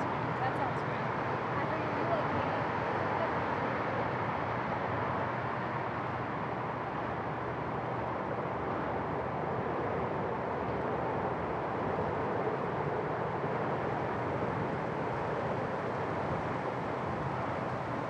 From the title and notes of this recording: Race Street Pier under the Ben Franklin Bridge. Race Street Pier, Race Street at Christopher Columbus Boulevard. This pier, which is nestled right next to the Ben Franklin Bridge, affords a great view of the water and the surrounding urban landscape.